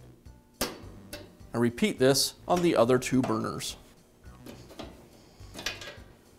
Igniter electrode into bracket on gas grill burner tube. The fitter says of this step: I slide the electrode forward until you hear a click and